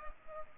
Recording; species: mosquito wingbeat signal from an infrared sensor; Culex pipiens